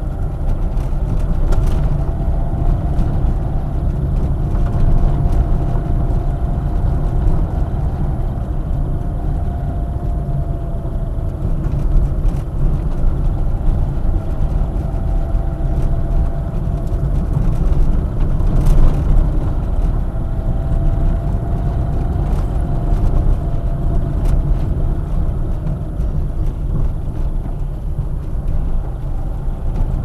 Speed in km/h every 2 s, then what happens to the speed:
28, 30, 29, 30, 28, 26, 29, 26, 26, 28, 29, 28, 23, 23, 24.
0-20 steady at about 28. 20-24 slows to 23. 24-30 steady at about 23.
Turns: none.